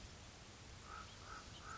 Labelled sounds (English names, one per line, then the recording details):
American Crow
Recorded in Sonoma County, California